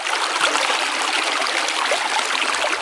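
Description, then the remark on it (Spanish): Gently flowing water of the Amatitán River in the department of San Vicente babbles and trickles steadily, a continuous bright hiss with soft bubbling textures and no voices. “Aunque hoy parece un apacible río, sus aguas guardan una historia llena de dolor.”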